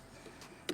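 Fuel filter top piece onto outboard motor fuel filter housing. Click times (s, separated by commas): 0.7 s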